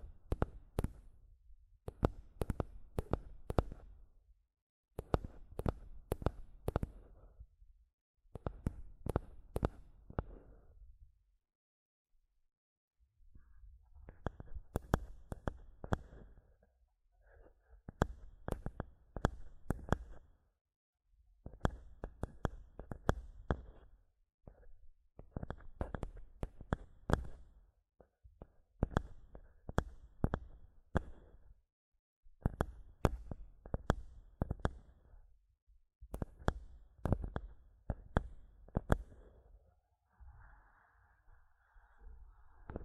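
A microphone is tapped and scratched in dry bursts. Each burst lasts a couple of seconds and is made of rapid knocks that thump low and click bright, with short silent gaps between. Near the end, a softer rustling scrape takes over.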